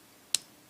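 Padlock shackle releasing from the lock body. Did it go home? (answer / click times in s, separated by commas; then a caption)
released / 0.4 s. An aluminium Burg 770 40 padlock that has been picked releases its shackle, which springs open with one sharp, loud click at 0.4 seconds against a quiet background. The lock is open.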